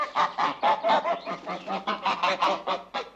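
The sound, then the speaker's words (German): Two geese in a dark stable honk in a rapid, steady series of about a dozen loud, harsh, nasal calls, some overlapping as more than one bird cries out, with no talking. “Dann sehe ich zwei Gänse.”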